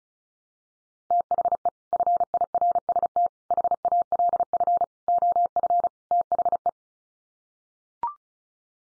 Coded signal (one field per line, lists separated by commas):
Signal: Morse code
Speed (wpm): 34 wpm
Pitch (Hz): 700 Hz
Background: none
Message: THE FIRST HALF OF THE